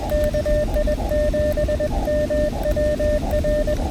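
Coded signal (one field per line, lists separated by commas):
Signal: Morse code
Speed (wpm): 21 wpm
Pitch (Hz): 600 Hz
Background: none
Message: KI7MWR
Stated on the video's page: POTA Morse activation on Elecraft KX2 keyed with KXPD2 paddles, battery powered, QRP.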